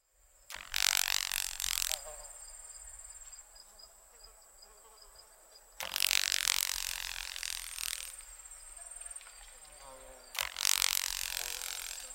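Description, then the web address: Grasshoppers making harsh, crackling rattle bursts, three loud ones of one to two seconds, the last cut off, with a softer high buzz in the gaps. "The Songs of Insects. Boll's and Carolina Grasshoppers"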